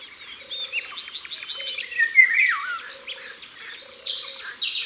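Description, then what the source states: Eurasian golden oriole song: a mellow whistle dropping in pitch midway, amid varied chirps and trills and a soft low note recurring every second or so. Recorded at the waterside.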